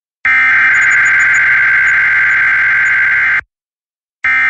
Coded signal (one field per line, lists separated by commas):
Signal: Emergency Alert System (SAME) tones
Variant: header bursts